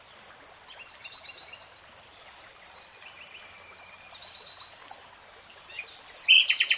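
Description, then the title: Nightingale song: soft, varied high whistles and slurred notes, then a sudden loud burst of quick repeated notes at the very end. Nightingale singing in real time. "[Tiếng chim hót] 3 Hours REALTIME Nightingale Singing"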